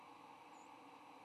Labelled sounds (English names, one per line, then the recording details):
White-throated Sparrow flight call
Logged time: 08:56 on 8 November 2014